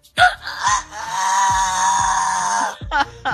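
A person imitates a rooster's crow: a few short rising yelps, then one long, loud, strained wavering note held for about two seconds, ending with a couple of brief breathy calls.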